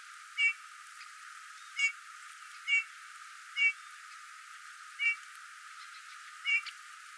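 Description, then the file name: Eurasian bullfinch calls: six mellow, brief piped notes spaced roughly a second apart, evenly pitched, over faint steady hiss. "Pyrrhula pyrrhula"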